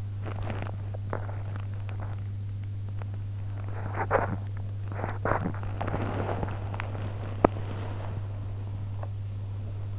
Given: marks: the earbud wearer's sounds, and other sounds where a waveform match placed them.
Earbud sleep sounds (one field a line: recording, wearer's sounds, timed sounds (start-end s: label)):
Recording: sounds in sleep by an in-ear microphone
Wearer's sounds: teeth grinding, body movement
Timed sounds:
0.00-5.69 s: teeth grinding
5.69-9.56 s: body movement